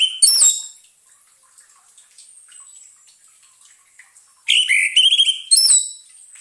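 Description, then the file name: Orange-headed thrush song: bursts of bright, rapid whistled and warbled phrases, with a long near-silent gap between the first burst and the later ones. Therapy sound for a bird that has stopped singing. "terapi suara anis merah macet bunyi"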